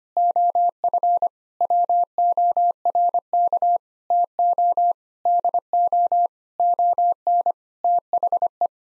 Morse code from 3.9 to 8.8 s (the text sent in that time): TO DO ON THE